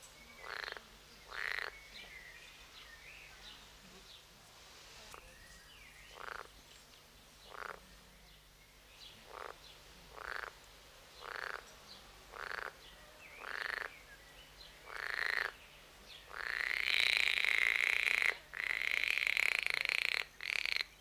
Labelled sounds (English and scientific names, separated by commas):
Edible Frog (Pelophylax esculentus)